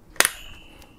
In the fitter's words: and you get those kind of double snaps again